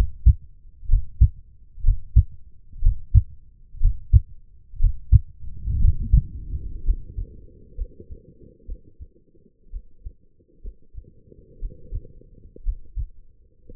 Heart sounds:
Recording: heart sounds by stethoscope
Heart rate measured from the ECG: 61 bpm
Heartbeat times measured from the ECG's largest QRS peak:
0.88 s: heartbeat
1.83 s: heartbeat
2.81 s: heartbeat
3.80 s: heartbeat
4.79 s: heartbeat
5.79 s: heartbeat
6.83 s: heartbeat
7.75 s: heartbeat
8.65 s: heartbeat
9.70 s: heartbeat
10.61 s: heartbeat
11.59 s: heartbeat
12.63 s: heartbeat
13.74 s: heartbeat
From the record:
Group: healthy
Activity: breath hold 0-4 s, rest 4-14 s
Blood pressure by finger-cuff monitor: 111/75 mmHg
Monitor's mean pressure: 83 mmHg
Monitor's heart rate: 61 bpm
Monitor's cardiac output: 4.6 L/min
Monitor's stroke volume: 75 mL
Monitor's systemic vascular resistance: 1290 dyn s/cm5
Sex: female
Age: 23 years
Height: 160 cm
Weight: 50.4 kg

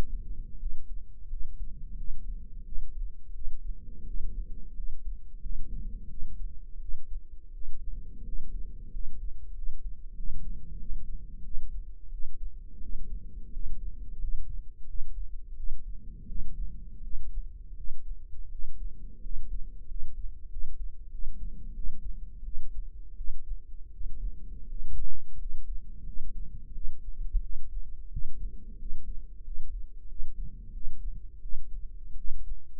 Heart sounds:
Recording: heart sounds by microphone in the right ear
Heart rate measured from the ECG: 87 bpm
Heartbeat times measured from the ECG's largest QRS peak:
0.58 s: heartbeat
1.28 s: heartbeat
1.96 s: heartbeat
2.64 s: heartbeat
3.34 s: heartbeat
4.06 s: heartbeat
4.75 s: heartbeat
5.41 s: heartbeat
6.09 s: heartbeat
6.80 s: heartbeat
7.53 s: heartbeat
8.24 s: heartbeat
8.91 s: heartbeat
9.54 s: heartbeat
10.15 s: heartbeat
10.78 s: heartbeat
11.43 s: heartbeat
12.11 s: heartbeat
12.81 s: heartbeat
13.52 s: heartbeat
14.20 s: heartbeat
14.86 s: heartbeat
15.55 s: heartbeat
16.27 s: heartbeat
17.02 s: heartbeat
17.76 s: heartbeat
18.50 s: heartbeat
19.21 s: heartbeat
19.87 s: heartbeat
20.49 s: heartbeat
21.10 s: heartbeat
21.74 s: heartbeat
22.43 s: heartbeat
23.16 s: heartbeat
23.92 s: heartbeat
24.67 s: heartbeat
25.37 s: heartbeat
26.04 s: heartbeat
26.72 s: heartbeat
27.41 s: heartbeat
28.10 s: heartbeat
28.77 s: heartbeat
29.43 s: heartbeat
30.07 s: heartbeat
30.72 s: heartbeat
31.40 s: heartbeat
32.16 s: heartbeat
From the record:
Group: healthy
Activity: rest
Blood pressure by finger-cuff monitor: 103/57 mmHg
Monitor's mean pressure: 69 mmHg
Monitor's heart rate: 87 bpm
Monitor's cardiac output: 8.3 L/min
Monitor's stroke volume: 95 mL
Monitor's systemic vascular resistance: 600 dyn s/cm5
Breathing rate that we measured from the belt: 13 breaths a minute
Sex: male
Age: 23 years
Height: 179 cm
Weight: 87 kg

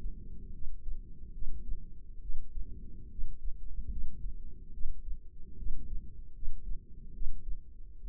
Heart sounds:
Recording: heart sounds by microphone in the left ear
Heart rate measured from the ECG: 72 bpm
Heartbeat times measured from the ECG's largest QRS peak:
0.53 s: heartbeat
1.33 s: heartbeat
2.21 s: heartbeat
3.10 s: heartbeat
3.90 s: heartbeat
4.72 s: heartbeat
5.57 s: heartbeat
6.34 s: heartbeat
7.13 s: heartbeat
8.00 s: heartbeat
From the record:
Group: healthy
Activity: rest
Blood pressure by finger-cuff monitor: 152/84 mmHg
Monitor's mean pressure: 103 mmHg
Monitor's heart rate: 71 bpm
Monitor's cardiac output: 6.6 L/min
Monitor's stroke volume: 93 mL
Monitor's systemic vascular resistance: 1190 dyn s/cm5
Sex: female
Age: 22 years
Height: 154 cm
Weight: 58.7 kg

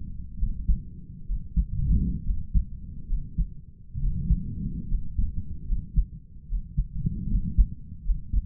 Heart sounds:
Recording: heart sounds by stethoscope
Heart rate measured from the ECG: 70 bpm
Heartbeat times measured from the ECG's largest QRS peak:
0.36 s: heartbeat
1.24 s: heartbeat
2.23 s: heartbeat
3.06 s: heartbeat
3.98 s: heartbeat
4.87 s: heartbeat
5.64 s: heartbeat
6.46 s: heartbeat
7.27 s: heartbeat
8.02 s: heartbeat
From the record:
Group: healthy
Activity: rest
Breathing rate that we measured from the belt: 24 breaths a minute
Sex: male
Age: 22 years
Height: 181 cm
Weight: 60 kg

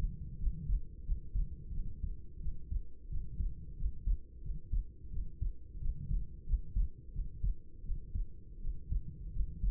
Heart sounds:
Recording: heart sounds by stethoscope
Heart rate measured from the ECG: 87 bpm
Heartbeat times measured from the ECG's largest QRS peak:
0.37 s: heartbeat
1.03 s: heartbeat
1.71 s: heartbeat
2.39 s: heartbeat
3.08 s: heartbeat
3.75 s: heartbeat
4.41 s: heartbeat
5.10 s: heartbeat
5.78 s: heartbeat
6.44 s: heartbeat
7.11 s: heartbeat
7.82 s: heartbeat
8.59 s: heartbeat
9.30 s: heartbeat
From the record:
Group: healthy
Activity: rest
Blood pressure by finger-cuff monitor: 108/62 mmHg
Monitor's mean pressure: 77 mmHg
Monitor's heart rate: 88 bpm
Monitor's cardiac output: 7.2 L/min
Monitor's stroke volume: 82 mL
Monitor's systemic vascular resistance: 750 dyn s/cm5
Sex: female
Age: 26 years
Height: 165 cm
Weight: 55 kg

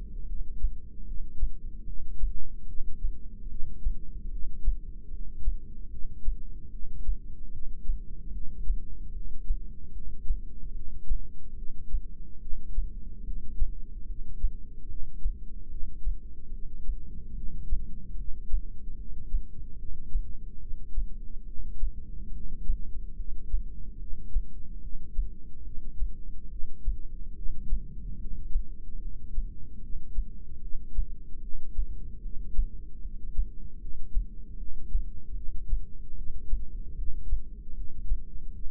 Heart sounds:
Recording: heart sounds by microphone in the left ear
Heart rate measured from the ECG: 74 bpm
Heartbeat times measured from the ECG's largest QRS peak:
0.27 s: heartbeat
1.05 s: heartbeat
1.86 s: heartbeat
2.67 s: heartbeat
3.49 s: heartbeat
4.30 s: heartbeat
5.10 s: heartbeat
5.90 s: heartbeat
6.71 s: heartbeat
7.51 s: heartbeat
8.32 s: heartbeat
9.13 s: heartbeat
9.93 s: heartbeat
10.73 s: heartbeat
11.56 s: heartbeat
12.40 s: heartbeat
13.24 s: heartbeat
14.06 s: heartbeat
14.88 s: heartbeat
15.69 s: heartbeat
16.51 s: heartbeat
17.35 s: heartbeat
18.16 s: heartbeat
18.97 s: heartbeat
19.77 s: heartbeat
20.60 s: heartbeat
21.45 s: heartbeat
22.32 s: heartbeat
23.16 s: heartbeat
23.98 s: heartbeat
24.81 s: heartbeat
25.64 s: heartbeat
26.50 s: heartbeat
27.35 s: heartbeat
28.18 s: heartbeat
29.01 s: heartbeat
29.81 s: heartbeat
30.61 s: heartbeat
31.41 s: heartbeat
32.21 s: heartbeat
33.01 s: heartbeat
33.79 s: heartbeat
34.57 s: heartbeat
35.35 s: heartbeat
36.15 s: heartbeat
36.95 s: heartbeat
37.74 s: heartbeat
38.52 s: heartbeat
From the record:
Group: heart failure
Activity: rest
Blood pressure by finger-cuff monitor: 166/105 mmHg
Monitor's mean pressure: 128 mmHg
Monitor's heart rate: 73 bpm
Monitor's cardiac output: 7.8 L/min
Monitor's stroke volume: 106 mL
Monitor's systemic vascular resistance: 1230 dyn s/cm5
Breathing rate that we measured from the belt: 13 breaths a minute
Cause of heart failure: non-ischemic cardiomyopathy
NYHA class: 1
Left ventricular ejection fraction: 62%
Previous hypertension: present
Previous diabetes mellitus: present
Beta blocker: bisoprolol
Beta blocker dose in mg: 10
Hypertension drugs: sacubitril-valsartan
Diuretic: furosemide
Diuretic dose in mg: 20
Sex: male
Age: 49 years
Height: 167 cm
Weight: 110 kg

